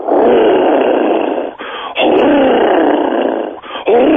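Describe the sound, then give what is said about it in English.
A person imitates an alligator bellow with a voice: three loud, harsh, rumbling roars, each held for over a second and separated by brief pauses, gravelly and growl-like throughout. “It's called a gator bellow, and both the females and males do it, but the males do it more pronounced and it's much deeper.”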